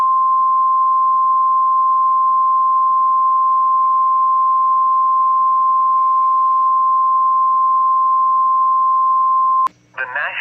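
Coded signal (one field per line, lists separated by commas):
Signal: Emergency Alert System (SAME) tones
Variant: 1050 Hz attention tone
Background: speech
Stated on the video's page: NOAA Weather Radio required weekly test from a Green Bay station during a statewide tornado drill.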